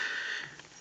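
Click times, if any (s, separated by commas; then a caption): none. The rear tether connector of an Evenflo Symphony 65 child car seat, which comes from the back, is handled as it is brought toward its anchor to clip on. A steady, bright hiss centred around 2 kHz fades over the clip, with a faint tick near 0.6 s. Nothing has seated or clicked yet.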